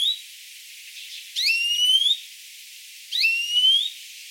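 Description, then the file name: European greenfinch with two long rising nasal wheezes, nearly two seconds apart, after a brief call at the start. "Chloris chloris"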